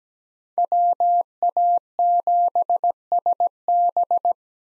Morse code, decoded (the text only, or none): WA7SB